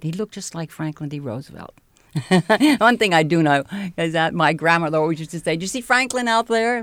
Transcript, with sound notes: He looked just like Franklin D. Roosevelt. ( she laughs ) One thing I do know is that my grandmother always used to say, "Did you see Franklin out there?